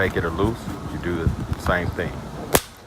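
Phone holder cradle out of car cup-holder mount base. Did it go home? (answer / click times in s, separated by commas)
released / 2.6 s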